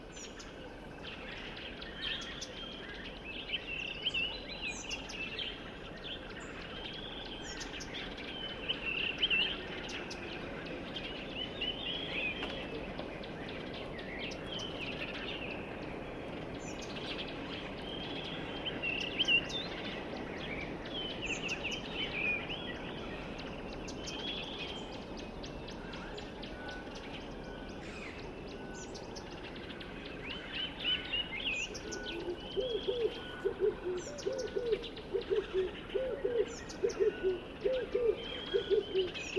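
Along a dry stretch of the Limpopo River at the start of the rainy season, birds call and chirp steadily over a constant low background hum. Short bright tweets scatter throughout, and from about 32 seconds a denser, rapid chattering call joins in.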